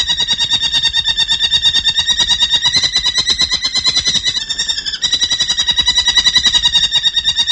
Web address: merlin bird